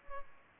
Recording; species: mosquito wingbeat signal from an infrared sensor; Culex pipiens